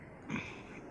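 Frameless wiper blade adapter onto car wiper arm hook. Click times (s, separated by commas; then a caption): 0.4 s. The plastic adapter of a frameless wiper blade is slid into the curved hook of a car wiper arm and pushed upward until it locks into place by itself. A short, sharp click at 0.4 s rises out of a quiet background of low hum. The blade is seated and fully locked onto the arm.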